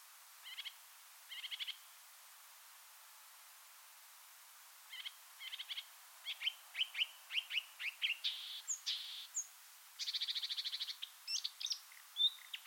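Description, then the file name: Marsh warbler song: short buzzy bursts, a pause, then a busy run of chips, whistles and rattling trills. "suara-kicauan-burung-marsh-warbler -omkicau"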